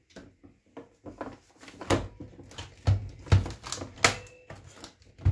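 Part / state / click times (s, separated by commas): zip closure of a filament vacuum storage bag / seated / 1.9 s, 3.3 s, 4.0 s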